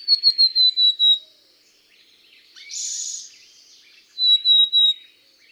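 Black-capped chickadee producing a quick run of high whistled notes that slide gently downward, then a rough buzzy burst, then another short whistled run.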